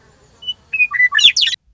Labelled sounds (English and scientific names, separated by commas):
Western Meadowlark (Sturnella neglecta)